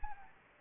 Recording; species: mosquito wingbeat signal from an infrared sensor; Anopheles gambiae